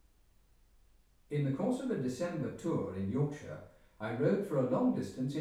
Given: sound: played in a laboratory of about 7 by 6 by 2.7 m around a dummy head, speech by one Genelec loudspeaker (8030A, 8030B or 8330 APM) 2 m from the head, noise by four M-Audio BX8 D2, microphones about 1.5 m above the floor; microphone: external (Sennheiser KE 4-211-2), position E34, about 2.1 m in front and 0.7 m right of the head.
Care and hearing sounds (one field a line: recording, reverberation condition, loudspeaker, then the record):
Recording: male speech in English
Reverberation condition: medium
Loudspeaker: 90 degrees to the right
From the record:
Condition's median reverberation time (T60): about 510 ms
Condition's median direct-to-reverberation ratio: about -0.5 dB